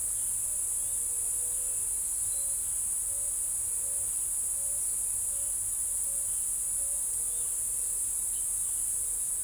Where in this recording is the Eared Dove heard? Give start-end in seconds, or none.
0.00-7.03